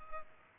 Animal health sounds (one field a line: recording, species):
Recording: mosquito wingbeat signal from an infrared sensor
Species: Culex pipiens